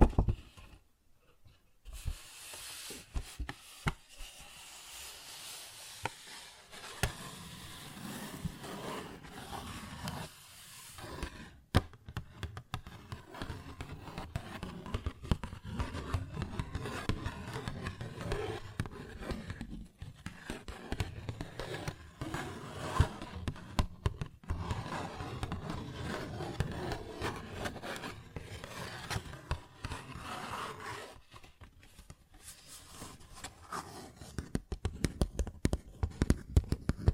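A paper bag is tapped and scratched in a dense, busy stream of crinkly rustles and light knocks, with brief pauses near 11 and 34 seconds.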